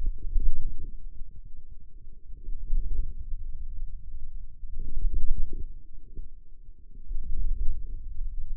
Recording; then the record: forearm muscle sounds (acoustic myography)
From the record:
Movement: wrist flexion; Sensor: system 2, bracelet of six BSWA MPA416 microphones around the upper forearm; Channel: 5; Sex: male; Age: 22 years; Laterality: right